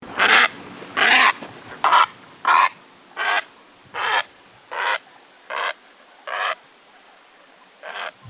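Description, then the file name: Great blue heron giving a series of harsh, hoarse croaking calls, about ten, each a short rough burst with quiet gaps between. "AZFO GBHE 2 deviche"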